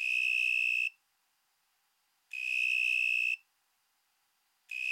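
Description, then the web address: Narrow-winged tree cricket song: steady high, pure-toned trills about a second long, repeated about every two and a half seconds with silent gaps between. "Crickets and Katydids. Narrowwinged Tree Cricket, Oecanthus niveus"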